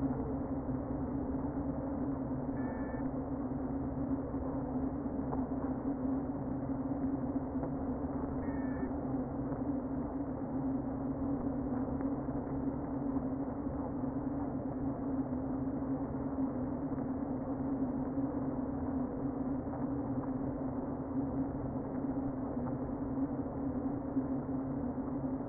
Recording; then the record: honeybee colony, microphone inside the hive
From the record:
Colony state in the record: queen present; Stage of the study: before two queens were removed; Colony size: about 60,000 bees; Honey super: yes